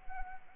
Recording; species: mosquito wingbeat signal from an infrared sensor; Anopheles arabiensis